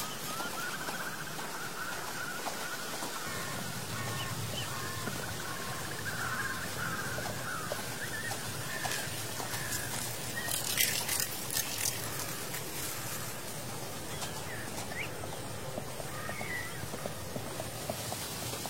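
An autumn outdoor scene with a steady, dense rustling hiss throughout, like dry leaves stirring. Faint distant birdsong threads through the background, and a brief flurry of louder, crisp crackling rises around the middle before settling back.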